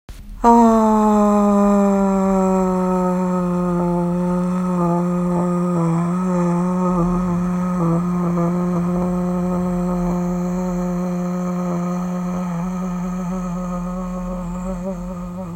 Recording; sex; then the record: sustained vowel /a/; female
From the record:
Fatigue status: fatigue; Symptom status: symptomatic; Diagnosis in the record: COVID-19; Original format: m4a